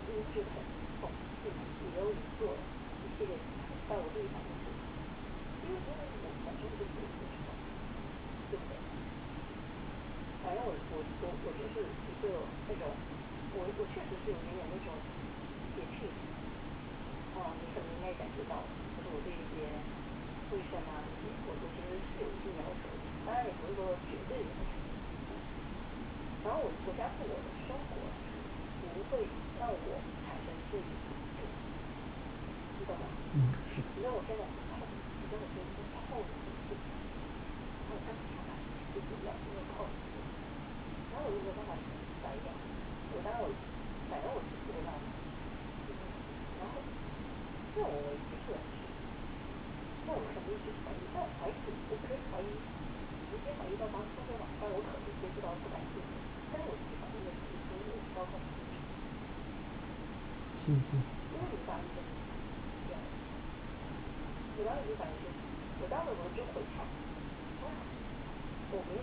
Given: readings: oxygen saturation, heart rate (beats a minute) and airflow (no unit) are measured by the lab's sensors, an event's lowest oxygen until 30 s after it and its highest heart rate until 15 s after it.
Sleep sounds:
a person awake in a sleep study, by a voice recorder at the bedside; none
0.00-69.03 s: awake
From the record:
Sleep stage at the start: awake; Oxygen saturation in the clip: 93 to 95%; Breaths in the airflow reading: 28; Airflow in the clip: -5.5 to 6.1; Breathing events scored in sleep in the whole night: 216 in 7.0 hours asleep

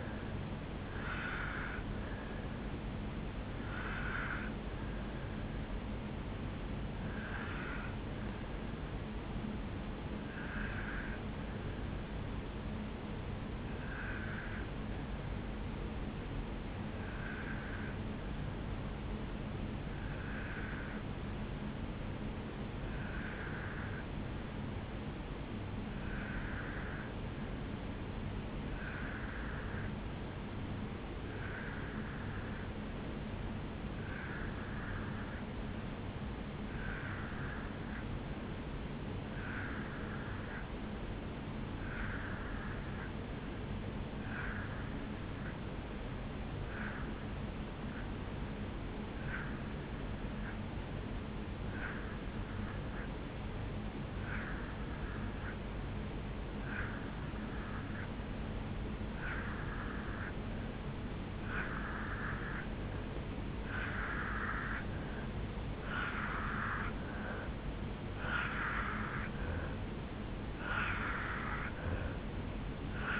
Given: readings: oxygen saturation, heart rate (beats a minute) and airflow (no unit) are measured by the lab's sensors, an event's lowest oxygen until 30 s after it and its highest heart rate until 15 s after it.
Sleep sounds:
breathing in sleep by a voice recorder at the bedside; 1
9.00-66.80 s: hypopnea (N2, oxygen 96% highest, then 83% lowest, heart rate 57 at the start, 76 highest)
69.00-73.20 s: new sleep stage, N3 (deep sleep)
From the record:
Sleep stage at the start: N2 (light sleep); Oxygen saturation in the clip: 84 to 96%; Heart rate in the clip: 55 to 76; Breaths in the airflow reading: 20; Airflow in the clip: -2.8 to 4.1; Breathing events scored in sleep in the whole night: 449 in 7.0 hours asleep

